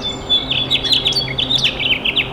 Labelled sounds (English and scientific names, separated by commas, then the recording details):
House Finch (Haemorhous mexicanus) song
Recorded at East Quogue on Long Island, New York, on 29 May 2013
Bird A